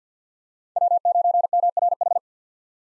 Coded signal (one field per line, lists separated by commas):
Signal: Morse code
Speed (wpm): 50 wpm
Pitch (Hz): 700 Hz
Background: none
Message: W9MRH